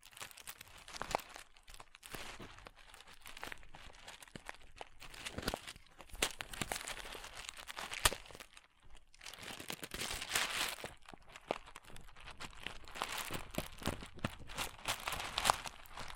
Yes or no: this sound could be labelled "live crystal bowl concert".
no